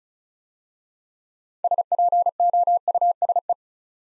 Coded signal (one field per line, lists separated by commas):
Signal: Morse code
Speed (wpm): 36 wpm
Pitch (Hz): 700 Hz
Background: none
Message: SPOUSE